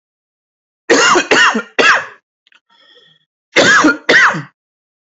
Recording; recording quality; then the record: shallow voluntary cough; excellent, no background noise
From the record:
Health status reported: COVID-19 positive, mild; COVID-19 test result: positive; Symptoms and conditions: cough, fatigue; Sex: male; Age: 35 years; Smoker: not ticked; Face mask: not worn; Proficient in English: yes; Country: India